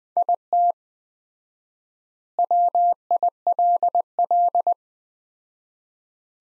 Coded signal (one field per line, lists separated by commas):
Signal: Morse code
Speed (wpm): 21 wpm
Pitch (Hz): 700 Hz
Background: none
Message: IT WILL